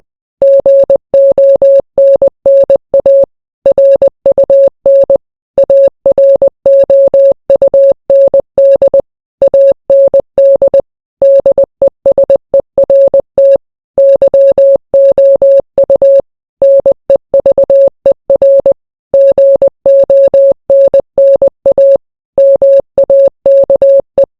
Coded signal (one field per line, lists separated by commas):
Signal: Morse code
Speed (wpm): 20 wpm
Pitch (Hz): 550 Hz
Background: none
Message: GONNA RUN AROUND AND DESERT YOU NEVER GONNA MAKE